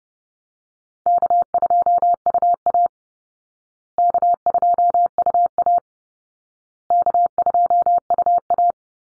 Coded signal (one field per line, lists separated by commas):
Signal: Morse code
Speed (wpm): 30 wpm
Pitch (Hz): 700 Hz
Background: none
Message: K2UA K2UA K2UA